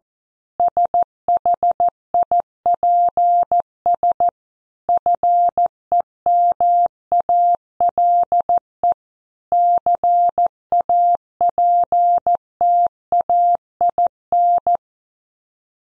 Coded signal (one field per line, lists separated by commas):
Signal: Morse code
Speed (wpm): 14 wpm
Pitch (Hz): 700 Hz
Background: none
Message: SHIPS FEMALE CAPTAIN